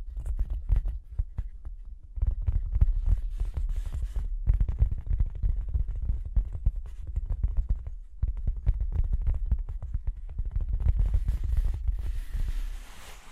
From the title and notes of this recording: Tapping and Scratching (No Talking).